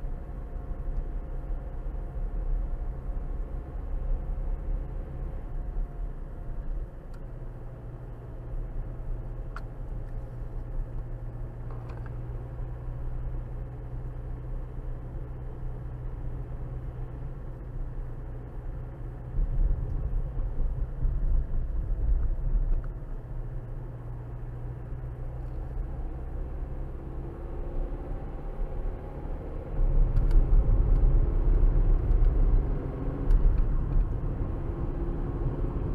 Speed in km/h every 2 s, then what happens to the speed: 45, 44, 48, 45, 44, 45, 44, 45, 44, 42, 40, 39, 42, 48, 53, 58, 66, 66.
23-36 speeds up to 66.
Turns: none.